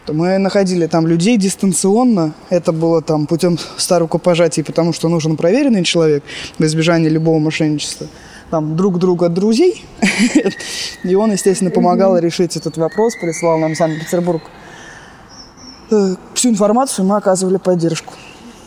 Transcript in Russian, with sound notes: Мы находили там людей дистанционно. Это было, там, путем ста рукопожатий, потому что нужен проверенный человек, во избежание любого мошенничества. Там, друг друга друзей... (Смеется.) И он, естественно, помогал решить этот вопрос, прислал нам в Санкт-Петербург всю информацию. Мы оказывали поддержку.